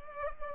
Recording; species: mosquito wingbeat signal from an infrared sensor; Culex pipiens